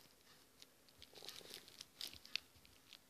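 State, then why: Not seated. A small metal protection plate is pressed into the chassis of a Samsung Galaxy S4 (i19505) smartphone during an LCD screen, chassis and glass replacement. Light taps and small clicks come through, the sharpest near 2.4 seconds, with no talk. The plate fails to clip in, nothing has seated yet, and it is set aside because it cannot be fitted.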